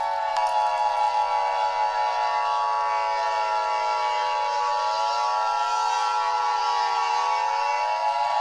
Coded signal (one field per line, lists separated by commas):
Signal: Emergency Alert System (SAME) tones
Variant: 853 and 960 Hz attention tone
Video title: ALL OF MY EAS SCENARIOS COMPILATION FROM 2022!!!